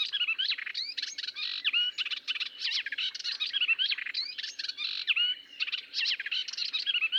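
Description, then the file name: Melodious warbler singing a continuous, hurried babble of twittering, swooping and scratchy notes throughout. "British Library - Melodious Warbler Hippolais polyglotta"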